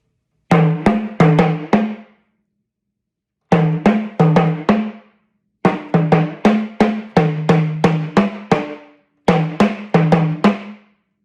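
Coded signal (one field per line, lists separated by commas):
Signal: talking drum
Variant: Yoruba sakara drum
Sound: four phrases of booming drum strokes with shifting pitch, separated by short pauses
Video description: Playing "Akere nran t'ọmọ ẹja l'odo" with the Yoruba Orunsha Sakara talking drum by Jammal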